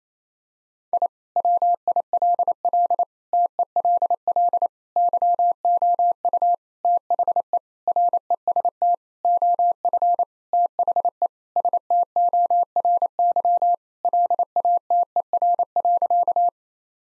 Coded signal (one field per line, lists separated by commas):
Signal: Morse code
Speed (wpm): 28 wpm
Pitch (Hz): 700 Hz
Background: none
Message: I WILL TELL YOU THE REST OF THE STORY LATER.